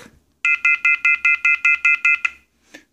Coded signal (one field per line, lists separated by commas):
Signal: telephone call progress tone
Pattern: off-hook warning tone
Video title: Phone Phreaking: Phonal Tonal app for blue box operations & more